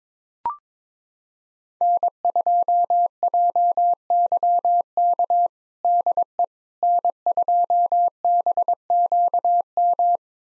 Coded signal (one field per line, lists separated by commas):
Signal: Morse code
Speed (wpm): 21 wpm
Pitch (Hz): 700 Hz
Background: none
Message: N2JYK DE N2BQM